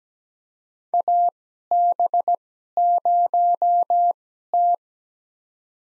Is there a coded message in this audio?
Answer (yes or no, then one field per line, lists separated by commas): yes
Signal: Morse code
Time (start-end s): 0.9-4.7 s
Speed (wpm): 17 wpm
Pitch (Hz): 700 Hz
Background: none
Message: AB0T